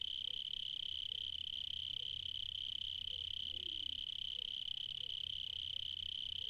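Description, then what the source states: Cricket trilling, an unbroken high-pitched pulsing drone, with a few soft faint chirps of other creatures in the background. Recorded in the evening in Spain.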